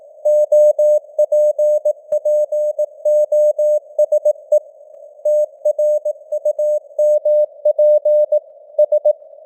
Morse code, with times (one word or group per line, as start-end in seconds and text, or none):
0.3-4.6 OPPOSE
5.3-8.4 TRUMP
8.8-9.1 S